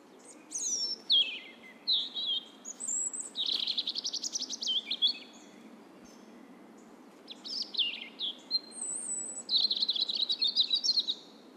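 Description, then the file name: European robin singing thin, high warbling phrases of sweet whistles and trills, rising and falling, delivered in several bursts separated by short pauses. "Erithacus rubecula"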